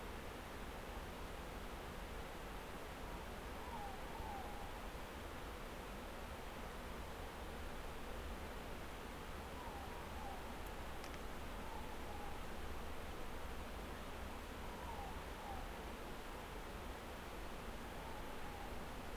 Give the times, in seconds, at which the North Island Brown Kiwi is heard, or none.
none